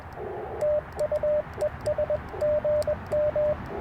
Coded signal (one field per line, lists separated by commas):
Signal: Morse code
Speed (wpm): 20 wpm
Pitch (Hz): 600 Hz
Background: radio noise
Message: TUES GM